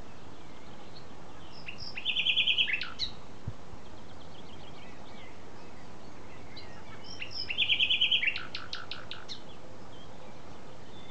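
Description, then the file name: Common nightingale song: two short phrases about six seconds apart, each a rapid, loud rattle of repeated notes with sharp chips, over steady background hiss. "Luscinia megarhynchos"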